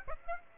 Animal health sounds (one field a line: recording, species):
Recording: mosquito wingbeat signal from an infrared sensor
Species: Aedes aegypti